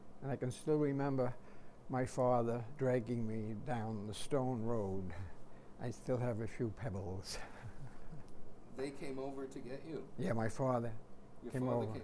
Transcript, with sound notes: And I can still remember my father dragging me down the stone road. I still have a few pebbles. [chuckles]
They came over to get you?
Yeah, my father came over —
Your father came over?